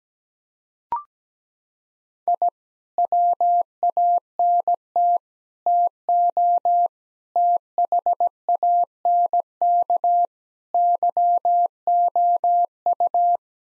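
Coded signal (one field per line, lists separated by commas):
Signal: Morse code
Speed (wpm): 17 wpm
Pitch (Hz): 700 Hz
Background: none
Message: I WANT TO THANK YOU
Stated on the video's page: Morse head-copy drill of common nine-word groups at 17 wpm, each sent, spoken, then sent again.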